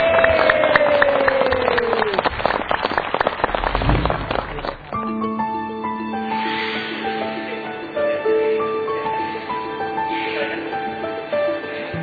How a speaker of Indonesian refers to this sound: Mari kita saksikan orang yang dahsyat ini. Kasih tepuk tangan dulu.